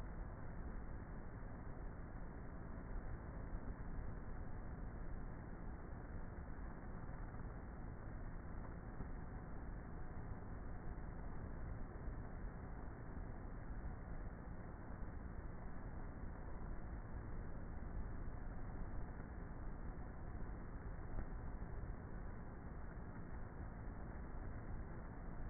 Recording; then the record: honeybee colony, microphone inside the hive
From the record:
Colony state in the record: queenless with a low population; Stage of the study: before two queens were removed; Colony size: about 30,000 bees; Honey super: no